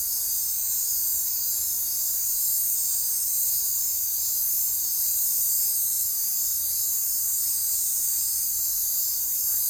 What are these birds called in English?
none